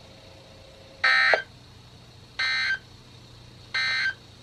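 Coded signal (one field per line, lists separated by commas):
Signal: Emergency Alert System (SAME) tones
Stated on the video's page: Real EAS alerts for severe thunderstorm warnings from NOAA Weather Radio station KHB36, one issued with emergency management as the source.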